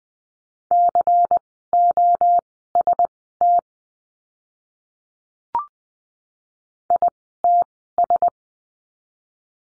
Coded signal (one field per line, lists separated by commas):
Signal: Morse code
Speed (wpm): 20 wpm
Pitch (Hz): 700 Hz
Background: none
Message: COST ITS